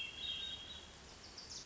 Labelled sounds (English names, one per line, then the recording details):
Hermit Thrush
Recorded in Sonoma County, California